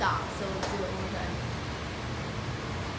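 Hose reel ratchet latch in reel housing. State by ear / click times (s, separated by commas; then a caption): not seated / none. A hose is handled at a hose reel with a ratchet latch in the reel housing while someone talks over a steady background hiss. Nothing has seated or clicked yet; the latch has not caught the reel by the end of the clip.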